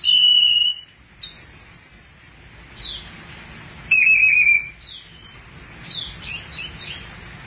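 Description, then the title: Thrush giving clear whistled song phrases, some very high and sliding, others steady, with quieter notes between them. "burung anis"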